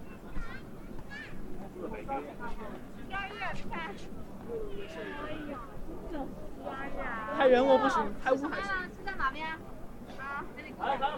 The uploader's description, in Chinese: 重庆洪崖洞